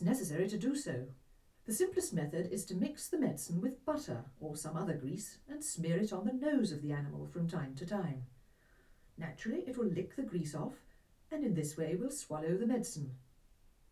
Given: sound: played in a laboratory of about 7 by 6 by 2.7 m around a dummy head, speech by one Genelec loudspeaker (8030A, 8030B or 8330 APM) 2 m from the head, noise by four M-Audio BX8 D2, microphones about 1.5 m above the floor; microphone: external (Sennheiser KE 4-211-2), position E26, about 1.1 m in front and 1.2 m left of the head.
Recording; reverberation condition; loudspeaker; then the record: female speech in English; low; 120 degrees to the right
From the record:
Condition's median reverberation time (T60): about 310 ms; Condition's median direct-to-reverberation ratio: about 3.5 dB